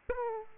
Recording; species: mosquito wingbeat signal from an infrared sensor; Aedes aegypti